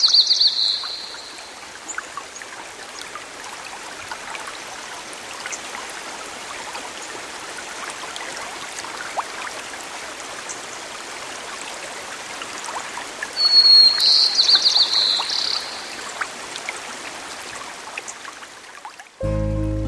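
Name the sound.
babbling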